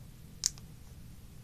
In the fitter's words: that back up and make sure I hear the clicks because